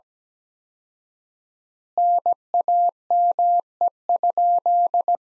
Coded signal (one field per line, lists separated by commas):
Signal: Morse code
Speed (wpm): 17 wpm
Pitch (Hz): 700 Hz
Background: none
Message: NAME?